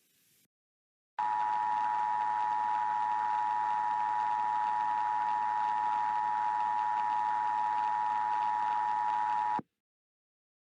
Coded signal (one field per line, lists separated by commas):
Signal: Emergency Alert System (SAME) tones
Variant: 853 and 960 Hz attention tone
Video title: EAS Scenario - Literal Fire Storm: REMASTERED